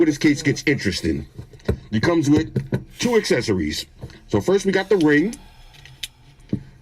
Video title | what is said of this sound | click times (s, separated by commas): WHAT IS THE ONE THING THAT COULD HAVE HELPED CURB AIRBORNE ISSUES IN EAST PALESTINE? | Locks into place just like that. | 6.0 s